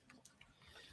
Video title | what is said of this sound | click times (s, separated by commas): I'm LIVE on YouNow April 17, 2023 | you hear them popping | 0.1 s, 0.2 s, 0.4 s